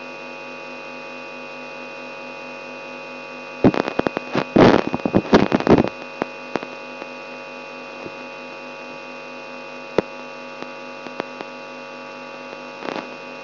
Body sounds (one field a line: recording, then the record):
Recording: brain microelectrode recording played as sound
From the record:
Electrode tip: outside the subthalamic nucleus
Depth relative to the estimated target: -8 mm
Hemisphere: right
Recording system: AlphaMap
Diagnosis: Parkinson's disease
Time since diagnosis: 12 years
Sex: female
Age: 65 years